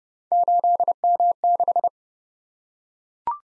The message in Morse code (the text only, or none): 8M6